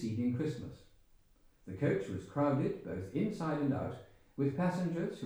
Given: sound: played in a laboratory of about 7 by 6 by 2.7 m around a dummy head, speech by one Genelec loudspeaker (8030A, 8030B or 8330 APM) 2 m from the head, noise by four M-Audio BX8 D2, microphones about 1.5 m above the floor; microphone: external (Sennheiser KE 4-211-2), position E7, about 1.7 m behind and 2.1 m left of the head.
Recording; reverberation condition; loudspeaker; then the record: male speech in English; medium; 150 degrees to the left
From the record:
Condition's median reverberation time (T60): about 510 ms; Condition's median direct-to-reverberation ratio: about -0.5 dB